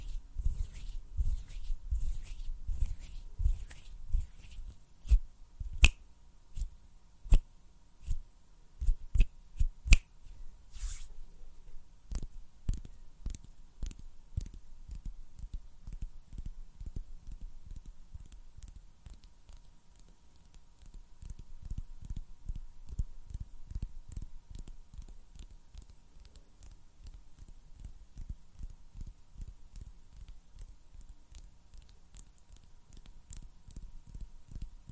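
Hand sounds and snapping: a steady run of short, dull pats and taps repeats several times a second throughout, mostly low and soft. Sharper, brighter snaps stand out now and then, most clearly in the first ten seconds, with a faint steady tone underneath.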